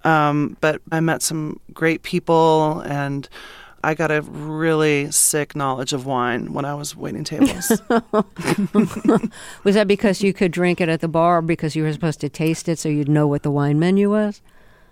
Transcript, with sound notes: But I met some great people. And I got a really sick knowledge of wine when I was waiting tables.
(LAUGHTER)
Was that because you could drink it at the bar because you were supposed to taste it so you'd know what the wine menu was?